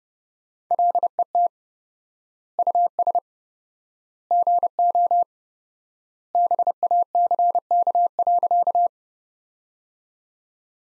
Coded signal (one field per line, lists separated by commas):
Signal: Morse code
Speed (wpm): 30 wpm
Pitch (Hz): 700 Hz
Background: none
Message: LET US GO BACK.